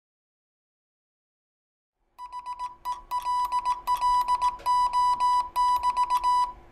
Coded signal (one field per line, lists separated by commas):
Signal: Morse code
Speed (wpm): 16 wpm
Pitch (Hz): 990 Hz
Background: none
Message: HELLO<BT>